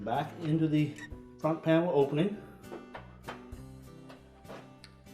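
Someone talks over background music while handling a Whirlpool dryer door switch at the opening in the dryer's metal front panel, with a few faint knocks from about 3 to 5 seconds. The switch has not yet been pushed home, and nothing has seated or clicked yet.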